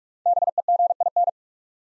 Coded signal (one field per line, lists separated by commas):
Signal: Morse code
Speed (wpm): 44 wpm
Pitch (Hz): 700 Hz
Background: none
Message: BEGIN